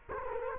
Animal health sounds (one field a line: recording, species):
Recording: mosquito wingbeat signal from an infrared sensor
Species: Culex quinquefasciatus